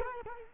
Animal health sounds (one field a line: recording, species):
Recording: mosquito wingbeat signal from an infrared sensor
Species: Culex quinquefasciatus